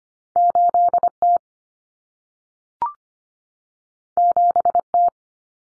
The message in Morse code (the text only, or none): 8T 7T